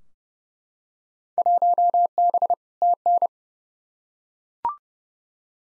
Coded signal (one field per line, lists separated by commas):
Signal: Morse code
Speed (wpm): 29 wpm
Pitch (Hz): 700 Hz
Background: none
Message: 1B TN